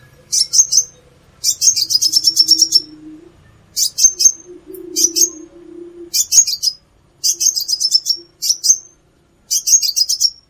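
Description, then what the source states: Plain-throated sunbird song in short, high, sputtering twitter phrases, repeated with short quiet gaps between them. Bird described as gacor, actively and persistently singing.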